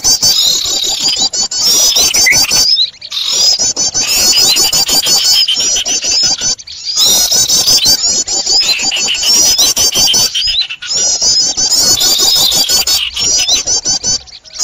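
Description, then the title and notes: Birds chattering in a dense, noisy chorus of high squeaky chirps and trills, broken by brief abrupt silences every few seconds. Noisy bird sounds used as a lure for catching birds. "Burung Ribut Pikat"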